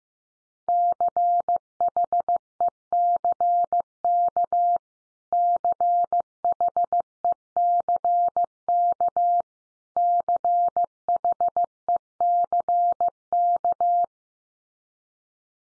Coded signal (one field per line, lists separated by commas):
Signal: Morse code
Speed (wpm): 15 wpm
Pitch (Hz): 700 Hz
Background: none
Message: CHECK CHECK CHECK